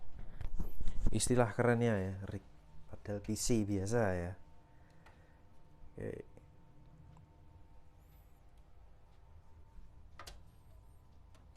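A graphics card, a GIGABYTE GeForce GTX 1050 Ti OC GDDR5 128-bit, is pressed straight down into the motherboard's PCIe x16 slot until the slot's plastic retention latch clicks, and it will then be fixed with one screw. Someone talks for the first few seconds, followed by quiet handling noises. A sharp click at 10.2 s marks the card seating in the slot.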